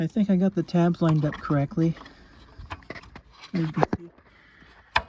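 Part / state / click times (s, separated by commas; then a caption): headlamp bulb into headlamp housing / seated / 5.0 s. A replacement headlamp bulb for a 1993 Cadillac Fleetwood Brougham is pushed into the plastic headlamp housing after its tabs are lined up, while someone talks. A few faint taps follow the talking, then one sharp click at 4.9 s as the bulb locks into place.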